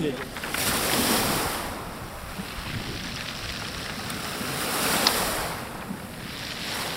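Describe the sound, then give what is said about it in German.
Sea waves wash steadily onto a pebble beach at Adler, on the sea about 30 kilometres from the centre of Sochi, Russia: a broad hissing rush that swells into two louder surges before easing back, with no voices present. “Rund 30 Kilometer vom Stadtzentrum entfernt liegt der Ortsteil Adler direkt am Meer.”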